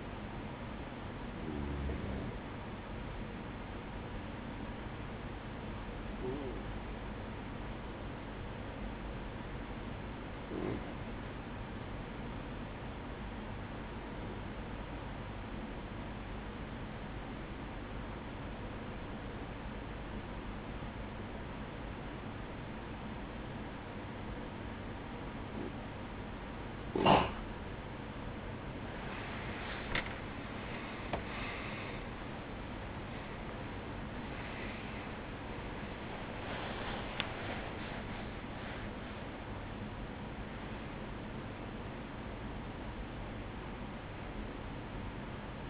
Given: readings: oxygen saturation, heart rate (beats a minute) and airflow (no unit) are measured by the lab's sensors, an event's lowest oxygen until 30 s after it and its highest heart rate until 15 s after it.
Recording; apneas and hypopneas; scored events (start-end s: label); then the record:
breathing in sleep by a voice recorder at the bedside; 1
6.00-28.00 s: obstructive apnea (REM, oxygen 97% highest, then 95% lowest, heart rate 48 at the start, 74 highest)
30.00-45.70 s: new sleep stage, awake
32.00-45.70 s: awake
From the record:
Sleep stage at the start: REM sleep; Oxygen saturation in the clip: 96 to 97%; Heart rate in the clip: 48 to 74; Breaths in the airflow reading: 7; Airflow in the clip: -16.6 to 14.7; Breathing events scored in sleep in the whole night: 180 in 6.7 hours asleep